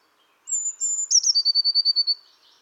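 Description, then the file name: Eurasian blue tit: a single phrase of two thin high whistled notes, then a rapid run of about nine trilled pulses fading away. "Cyanistes caeruleus"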